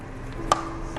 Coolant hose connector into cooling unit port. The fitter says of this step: just push it in and listen for the click